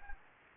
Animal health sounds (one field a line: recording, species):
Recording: mosquito wingbeat signal from an infrared sensor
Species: Anopheles gambiae